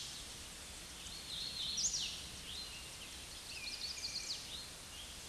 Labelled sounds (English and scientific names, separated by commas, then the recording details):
Hooded Warbler (Setophaga citrina) song
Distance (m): 30 m
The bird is about 10 m above the microphone
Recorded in a Pennsylvania forest on 16 May 2024 at 07:24
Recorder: AudioMoth, point MSD-1482
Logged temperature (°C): 15.6 °C
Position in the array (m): 159 m, 117 m